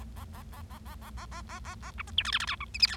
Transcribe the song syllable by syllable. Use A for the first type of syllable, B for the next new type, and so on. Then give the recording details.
A A A A A A A A A A A A B C D E F F G H I J K. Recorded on 25 March 2012 at 18:15. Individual gy6or6